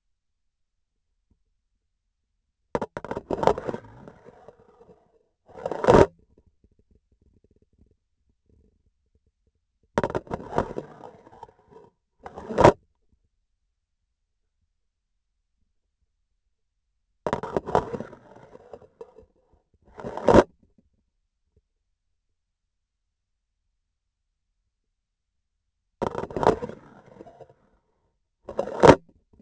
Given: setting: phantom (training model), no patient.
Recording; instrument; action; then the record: laparoscopic instrument, vibration sensor on the handle end; grasping forceps; insertion and removal through the trocar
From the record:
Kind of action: spatial motion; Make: other than Olympus